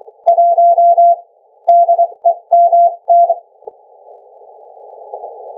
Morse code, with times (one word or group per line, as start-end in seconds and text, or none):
0.3-1.1 1
1.7-3.2 DEMT